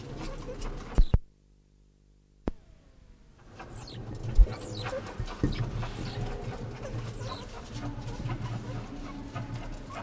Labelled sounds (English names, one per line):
Banded Mongoose call